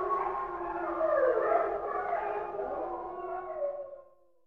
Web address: волки